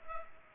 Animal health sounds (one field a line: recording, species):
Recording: mosquito wingbeat signal from an infrared sensor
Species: Culex pipiens